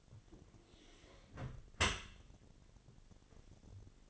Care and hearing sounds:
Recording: daily activity, microphone in the room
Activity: close dishwasher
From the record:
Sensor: 4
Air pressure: 1007.6 hPa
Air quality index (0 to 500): 198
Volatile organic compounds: 7 ppm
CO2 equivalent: 1975 ppm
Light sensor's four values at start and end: 22/70/27/26 and 23/71/27/26

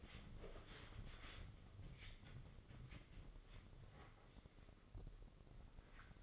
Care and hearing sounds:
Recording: daily activity, microphone in the room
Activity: wipe stove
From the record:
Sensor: 4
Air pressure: 996.8 hPa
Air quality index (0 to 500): 90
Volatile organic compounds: 5 ppm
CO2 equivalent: 1754 ppm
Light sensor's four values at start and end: 17/47/17/19 and 16/45/17/18

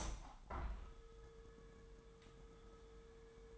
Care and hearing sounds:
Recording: daily activity, microphone in the room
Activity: open window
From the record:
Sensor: 3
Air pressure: 999.9 hPa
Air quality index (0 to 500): 221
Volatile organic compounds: 85 ppm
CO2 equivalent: 3645 ppm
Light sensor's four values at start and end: 9/22/9/9 and 10/23/9/9

